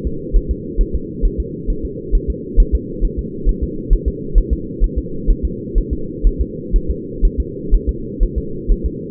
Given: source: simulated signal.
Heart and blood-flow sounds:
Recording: fetal heart sounds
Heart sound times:
0.07 s: S2
0.37 s: S1
0.51 s: S2
0.81 s: S1
0.95 s: S2
1.25 s: S1
1.40 s: S2
1.70 s: S1
1.85 s: S2
2.15 s: S1
2.30 s: S2
2.60 s: S1
2.75 s: S2
3.05 s: S1
3.19 s: S2
3.49 s: S1
3.64 s: S2
3.93 s: S1
4.08 s: S2
4.38 s: S1
4.53 s: S2
4.84 s: S1
4.98 s: S2
5.30 s: S1
5.45 s: S2
5.78 s: S1
5.93 s: S2
6.27 s: S1
6.41 s: S2
6.76 s: S1
6.90 s: S2
7.25 s: S1
7.40 s: S2
7.74 s: S1
7.89 s: S2
8.23 s: S1
8.38 s: S2
8.72 s: S1
8.86 s: S2
From the record:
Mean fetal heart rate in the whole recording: 130 bpm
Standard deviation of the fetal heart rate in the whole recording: 4 bpm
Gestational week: 38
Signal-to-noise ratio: -4.3 dB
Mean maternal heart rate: 72 bpm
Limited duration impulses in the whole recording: absent

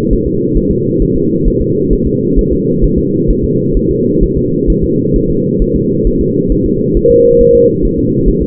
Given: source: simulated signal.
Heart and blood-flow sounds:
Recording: fetal heart sounds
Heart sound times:
0.13 s: S1
0.27 s: S2
0.57 s: S1
0.71 s: S2
1.02 s: S1
1.16 s: S2
1.48 s: S1
1.62 s: S2
1.93 s: S1
2.07 s: S2
2.39 s: S1
2.53 s: S2
2.84 s: S1
2.98 s: S2
3.30 s: S1
3.44 s: S2
3.77 s: S1
3.91 s: S2
4.23 s: S1
4.37 s: S2
4.70 s: S1
4.84 s: S2
5.16 s: S1
5.30 s: S2
5.62 s: S1
5.76 s: S2
6.07 s: S1
6.21 s: S2
6.52 s: S1
6.66 s: S2
6.97 s: S1
7.11 s: S2
7.41 s: S1
7.55 s: S2
7.85 s: S1
7.99 s: S2
8.28 s: S1
8.42 s: S2
From the record:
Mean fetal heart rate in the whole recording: 135 bpm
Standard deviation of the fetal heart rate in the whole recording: 3 bpm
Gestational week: 36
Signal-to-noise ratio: -11.2 dB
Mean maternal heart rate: 72 bpm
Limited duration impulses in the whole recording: present

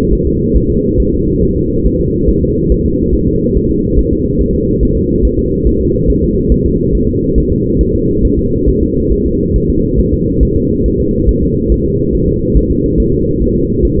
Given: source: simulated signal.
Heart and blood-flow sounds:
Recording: fetal heart sounds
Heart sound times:
0.13 s: S1
0.27 s: S2
0.56 s: S1
0.70 s: S2
1.00 s: S1
1.14 s: S2
1.43 s: S1
1.57 s: S2
1.86 s: S1
2.00 s: S2
2.29 s: S1
2.43 s: S2
2.72 s: S1
2.86 s: S2
3.15 s: S1
3.29 s: S2
3.57 s: S1
3.71 s: S2
3.99 s: S1
4.13 s: S2
4.41 s: S1
4.55 s: S2
4.83 s: S1
4.97 s: S2
5.25 s: S1
5.39 s: S2
5.67 s: S1
5.81 s: S2
6.10 s: S1
6.24 s: S2
6.52 s: S1
6.66 s: S2
6.95 s: S1
7.09 s: S2
7.38 s: S1
7.52 s: S2
7.81 s: S1
7.95 s: S2
8.25 s: S1
8.39 s: S2
8.69 s: S1
8.83 s: S2
9.12 s: S1
9.26 s: S2
9.56 s: S1
9.70 s: S2
10.00 s: S1
10.14 s: S2
10.43 s: S1
10.57 s: S2
10.86 s: S1
11.00 s: S2
11.29 s: S1
11.43 s: S2
11.72 s: S1
11.86 s: S2
12.15 s: S1
12.29 s: S2
12.57 s: S1
12.71 s: S2
13.00 s: S1
13.14 s: S2
13.42 s: S1
13.56 s: S2
13.85 s: S1
13.99 s: S2
From the record:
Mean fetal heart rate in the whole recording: 140 bpm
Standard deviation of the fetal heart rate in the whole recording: 2 bpm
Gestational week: 34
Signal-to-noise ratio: -10.2 dB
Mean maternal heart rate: 72 bpm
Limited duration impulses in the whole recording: present

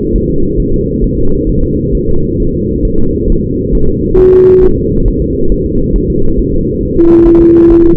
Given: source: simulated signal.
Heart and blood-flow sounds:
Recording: fetal heart sounds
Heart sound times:
0.16 s: S1
0.30 s: S2
0.60 s: S1
0.74 s: S2
1.04 s: S1
1.19 s: S2
1.49 s: S1
1.63 s: S2
1.95 s: S1
2.09 s: S2
2.40 s: S1
2.54 s: S2
2.85 s: S1
2.99 s: S2
3.30 s: S1
3.44 s: S2
3.75 s: S1
3.89 s: S2
4.19 s: S1
4.33 s: S2
4.64 s: S1
4.78 s: S2
5.08 s: S1
5.22 s: S2
5.52 s: S1
5.66 s: S2
5.96 s: S1
6.10 s: S2
6.39 s: S1
6.53 s: S2
6.83 s: S1
6.97 s: S2
7.27 s: S1
7.41 s: S2
7.72 s: S1
7.86 s: S2
From the record:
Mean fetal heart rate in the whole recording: 135 bpm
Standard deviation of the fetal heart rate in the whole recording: 3 bpm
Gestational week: 36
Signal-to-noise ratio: -17.7 dB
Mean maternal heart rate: 72 bpm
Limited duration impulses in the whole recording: present

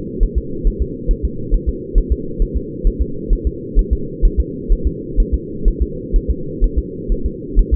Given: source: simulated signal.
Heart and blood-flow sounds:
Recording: fetal heart sounds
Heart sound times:
0.23 s: S1
0.38 s: S2
0.67 s: S1
0.82 s: S2
1.11 s: S1
1.25 s: S2
1.54 s: S1
1.69 s: S2
1.98 s: S1
2.12 s: S2
2.42 s: S1
2.57 s: S2
2.87 s: S1
3.02 s: S2
3.33 s: S1
3.47 s: S2
3.79 s: S1
3.93 s: S2
4.25 s: S1
4.40 s: S2
4.72 s: S1
4.87 s: S2
5.20 s: S1
5.34 s: S2
5.68 s: S1
5.82 s: S2
6.16 s: S1
6.31 s: S2
6.64 s: S1
6.79 s: S2
7.12 s: S1
7.26 s: S2
7.59 s: S1
7.74 s: S2
From the record:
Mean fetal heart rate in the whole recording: 130 bpm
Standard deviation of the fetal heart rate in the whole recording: 4 bpm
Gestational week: 38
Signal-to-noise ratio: -4.3 dB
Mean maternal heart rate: 72 bpm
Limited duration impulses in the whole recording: absent

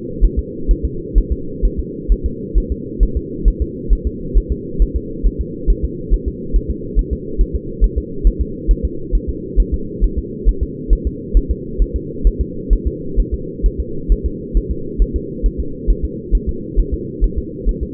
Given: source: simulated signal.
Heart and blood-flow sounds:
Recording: fetal heart sounds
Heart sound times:
0.25 s: S1
0.39 s: S2
0.71 s: S1
0.85 s: S2
1.18 s: S1
1.32 s: S2
1.65 s: S1
1.79 s: S2
2.12 s: S1
2.26 s: S2
2.58 s: S1
2.72 s: S2
3.03 s: S1
3.17 s: S2
3.48 s: S1
3.62 s: S2
3.93 s: S1
4.07 s: S2
4.38 s: S1
4.52 s: S2
4.82 s: S1
4.96 s: S2
5.27 s: S1
5.41 s: S2
5.70 s: S1
5.84 s: S2
6.14 s: S1
6.28 s: S2
6.56 s: S1
6.70 s: S2
6.99 s: S1
7.13 s: S2
7.41 s: S1
7.55 s: S2
7.84 s: S1
7.98 s: S2
8.27 s: S1
8.41 s: S2
8.71 s: S1
8.85 s: S2
9.15 s: S1
9.29 s: S2
9.60 s: S1
9.74 s: S2
10.04 s: S1
10.18 s: S2
10.49 s: S1
10.63 s: S2
10.93 s: S1
11.07 s: S2
11.37 s: S1
11.51 s: S2
11.82 s: S1
11.96 s: S2
12.27 s: S1
12.41 s: S2
12.73 s: S1
12.87 s: S2
13.20 s: S1
13.34 s: S2
13.66 s: S1
13.80 s: S2
14.12 s: S1
14.26 s: S2
14.57 s: S1
14.71 s: S2
15.02 s: S1
15.16 s: S2
15.46 s: S1
15.60 s: S2
15.90 s: S1
16.05 s: S2
16.35 s: S1
16.49 s: S2
16.80 s: S1
16.94 s: S2
17.24 s: S1
17.38 s: S2
17.69 s: S1
17.83 s: S2
From the record:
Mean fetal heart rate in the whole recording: 135 bpm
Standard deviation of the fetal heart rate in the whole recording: 3 bpm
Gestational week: 36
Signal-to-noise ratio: -4.3 dB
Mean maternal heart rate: 72 bpm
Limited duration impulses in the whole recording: absent

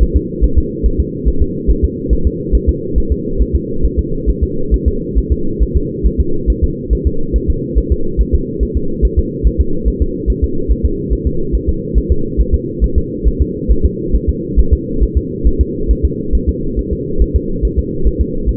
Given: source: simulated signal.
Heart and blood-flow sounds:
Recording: fetal heart sounds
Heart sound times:
0.03 s: S1
0.17 s: S2
0.44 s: S1
0.58 s: S2
0.86 s: S1
1.00 s: S2
1.28 s: S1
1.42 s: S2
1.71 s: S1
1.84 s: S2
2.13 s: S1
2.27 s: S2
2.55 s: S1
2.69 s: S2
2.98 s: S1
3.12 s: S2
3.42 s: S1
3.56 s: S2
3.85 s: S1
3.99 s: S2
4.30 s: S1
4.44 s: S2
4.74 s: S1
4.88 s: S2
5.18 s: S1
5.32 s: S2
5.63 s: S1
5.77 s: S2
6.06 s: S1
6.20 s: S2
6.50 s: S1
6.64 s: S2
6.93 s: S1
7.07 s: S2
7.36 s: S1
7.50 s: S2
7.78 s: S1
7.92 s: S2
8.21 s: S1
8.35 s: S2
8.63 s: S1
8.77 s: S2
9.05 s: S1
9.19 s: S2
9.47 s: S1
9.61 s: S2
9.88 s: S1
10.02 s: S2
10.30 s: S1
10.44 s: S2
10.72 s: S1
10.85 s: S2
11.13 s: S1
11.27 s: S2
11.55 s: S1
11.69 s: S2
11.98 s: S1
12.12 s: S2
12.41 s: S1
12.55 s: S2
12.84 s: S1
12.98 s: S2
13.28 s: S1
13.42 s: S2
13.72 s: S1
13.85 s: S2
14.15 s: S1
14.29 s: S2
14.59 s: S1
14.73 s: S2
15.03 s: S1
15.17 s: S2
15.47 s: S1
15.61 s: S2
15.91 s: S1
16.05 s: S2
16.35 s: S1
16.49 s: S2
16.79 s: S1
16.93 s: S2
17.22 s: S1
17.36 s: S2
17.65 s: S1
17.79 s: S2
18.07 s: S1
18.21 s: S2
18.49 s: S1
From the record:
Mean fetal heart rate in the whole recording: 140 bpm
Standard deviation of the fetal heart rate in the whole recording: 2 bpm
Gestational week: 34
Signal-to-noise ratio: -8.1 dB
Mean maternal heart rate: 72 bpm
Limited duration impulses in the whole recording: absent

